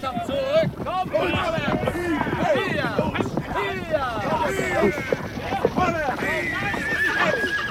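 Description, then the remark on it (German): Several horses refuse to advance toward a grass fire. They whinny and neigh in shrill, overlapping bursts while hooves clatter in a busy, uneven clip-clop underneath. Agitated men's voices urging them on mix into the commotion. “Unmöglich, Euer Gnaden. Die Pferde wollen nicht.”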